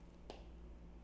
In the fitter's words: you just heard it click there and then